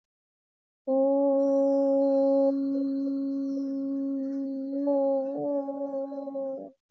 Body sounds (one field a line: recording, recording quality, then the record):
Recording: sustained vowel as in boot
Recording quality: excellent, no background noise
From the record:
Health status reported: healthy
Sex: female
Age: 54 years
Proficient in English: yes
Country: India